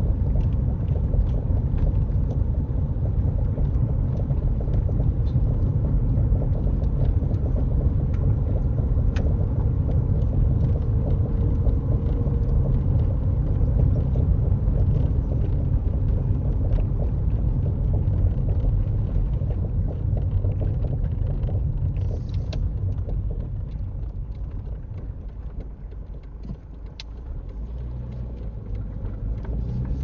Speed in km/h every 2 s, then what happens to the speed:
35, 35, 35, 39, 39, 40, 39, 32, 27, 26, 13, 5, 2, 5, 15.
0-9 steady at about 35. 9-24 slows to 2. 24-30 pulls away to 15.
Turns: none.